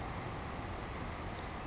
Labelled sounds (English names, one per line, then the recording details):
Savannah Sparrow
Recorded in Sonoma County, California